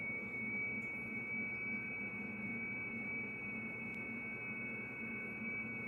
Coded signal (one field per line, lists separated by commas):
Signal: FT8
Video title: FT8 Aktivities on 14 MHZ with homemade rot. Dipole